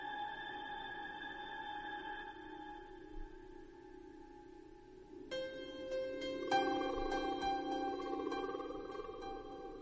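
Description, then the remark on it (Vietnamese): An electronic bell beeps at night: bell-like tones hum in steady, sustained pitches, then sharper, higher tones layer in about halfway through and grow a little louder. No one speaks. “Trong màn đêm chỉ còn là những tiếng bíp bíp của cái chuông.”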